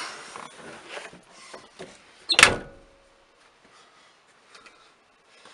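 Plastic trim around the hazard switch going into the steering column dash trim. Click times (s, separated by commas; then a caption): 2.4 s. After the ignition lock cylinder area of a Wagoneer is reassembled, the plastic trim around the hazard switch is pushed back into the steering column dash trim. Soft plastic rustling and handling lead to one sharp, loud snap at 2.4 seconds, followed by near silence with a few faint taps. The trim piece snaps back into place and is seated.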